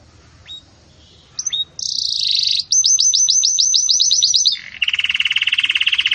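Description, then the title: Belgian canary song opening with a few soft notes, then a buzzy trill, a fast rising-note series and a lower rapid rattling trill. Belgian canary song in the campainha style, used to teach breeding chicks. "Belíssimo Canto Do Canário Belga Campainha Para Encarte De Filhotes"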